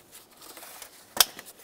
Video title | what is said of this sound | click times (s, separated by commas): How to Replace Crankshaft Vibration Damper 2003-2011 Mercury Grand Marquis | listen for a click give it a tug to make sure it's secured | 1.2 s